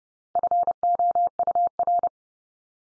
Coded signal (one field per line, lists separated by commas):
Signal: Morse code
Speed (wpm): 30 wpm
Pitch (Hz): 700 Hz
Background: none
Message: FOUR